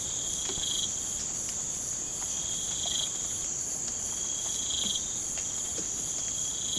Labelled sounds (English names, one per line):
none